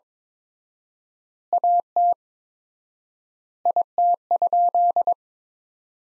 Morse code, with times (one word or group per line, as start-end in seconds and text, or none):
1.5-2.1 AT
3.7-5.1 IT?